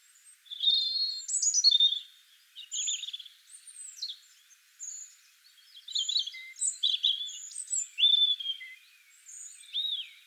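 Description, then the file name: European robin song, loud high warbled phrases rising and falling quickly, with trills and sharp squeaks repeated in bursts throughout. "Erithacus rubecula"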